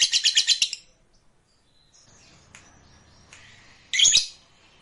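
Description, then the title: Lovebird chatter: a rapid burst of six or seven harsh, high chirps, then near quiet with faint twitters, ending with one loud raspy squawk. Recording meant to stir a lazy lovebird that rarely sings into spontaneous, energetic singing. "LOVEBIRD Malas Bunyi JADI GREGET SPONTAN Langsung NARIK"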